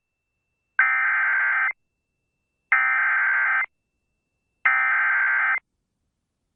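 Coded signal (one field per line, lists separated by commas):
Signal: Emergency Alert System (SAME) tones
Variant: header bursts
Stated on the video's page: Severe thunderstorm warning recorded off FM radio station 95.7 and WeatherStar 4000+.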